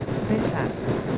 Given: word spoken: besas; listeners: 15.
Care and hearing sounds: one Spanish word in noise, from a listening test; noise modulated by three-talker babble; -4.2 dB; 1 of 15; 9 of 15; 0.78 s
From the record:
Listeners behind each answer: 9, 2, 1, 1, 1, 1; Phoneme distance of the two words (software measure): 10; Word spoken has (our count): 2 syllables, 5 phonemes, stress on syllable 1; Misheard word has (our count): 2 syllables, 5 phonemes, stress on syllable 1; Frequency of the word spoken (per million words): 0.21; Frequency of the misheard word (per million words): 3.08

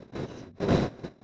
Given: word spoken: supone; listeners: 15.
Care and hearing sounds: one Spanish word in noise, from a listening test; noise modulated by one talker; -12.6 dB; 2 of 15; 8 of 15; 0.84 s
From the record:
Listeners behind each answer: 8, 2, 2, 1, 1, 1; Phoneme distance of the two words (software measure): 38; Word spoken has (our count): 3 syllables, 6 phonemes, stress on syllable 2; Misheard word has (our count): 3 syllables, 8 phonemes, stress on syllable 2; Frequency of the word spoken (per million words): 80.17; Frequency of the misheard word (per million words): 109.05

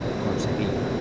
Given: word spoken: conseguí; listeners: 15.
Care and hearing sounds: one Spanish word in noise, from a listening test; speech-shaped noise; -5.5 dB; 0 of 15; 13 of 15; 0.61 s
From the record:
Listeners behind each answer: 13, 1, 1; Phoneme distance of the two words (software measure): 7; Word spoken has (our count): 3 syllables, 7 phonemes, stress on syllable 3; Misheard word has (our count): 3 syllables, 8 phonemes, stress on syllable 3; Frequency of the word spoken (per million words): 4.55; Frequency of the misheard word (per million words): 90.92

